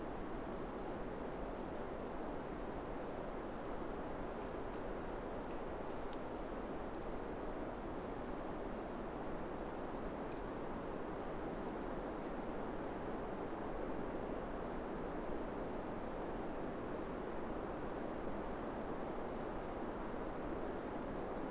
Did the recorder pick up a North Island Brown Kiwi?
no